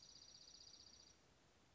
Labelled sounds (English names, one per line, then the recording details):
Dark-eyed Junco
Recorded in Sonoma County, California